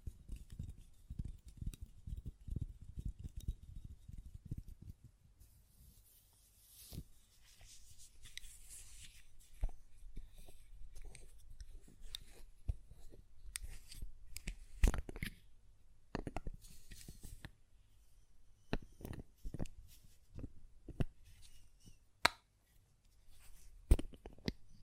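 A glass perfume bottle is tapped and handled, with dense low rubbing knocks early, then sparser sharp clicks and taps scattered throughout.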